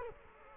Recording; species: mosquito wingbeat signal from an infrared sensor; Culex quinquefasciatus